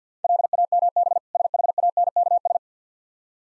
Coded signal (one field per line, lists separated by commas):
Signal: Morse code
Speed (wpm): 50 wpm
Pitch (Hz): 700 Hz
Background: none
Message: LAMB SHANKS